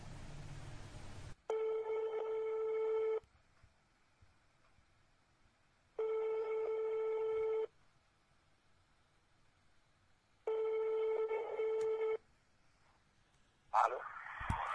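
A telephone line tone sounds three times as a call is placed to a caller in Yaoundé, each a steady buzzy electronic burst lasting under two seconds, separated by longer gaps of quiet, with a short noisy rush at the start and end.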